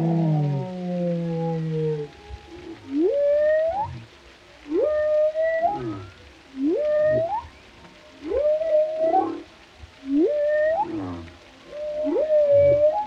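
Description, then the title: Whale song: a low harmonic moan, then six rising upswept whoops that level off, repeated about every two seconds with short gaps. Whale vocalizations including moans, resonant calls and songs, for relaxation. "Soothing Symphony of the Deep: Captivating Whale Sounds for Relaxation"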